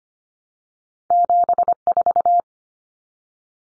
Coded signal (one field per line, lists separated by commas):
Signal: Morse code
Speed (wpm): 25 wpm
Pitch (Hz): 700 Hz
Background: none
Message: 74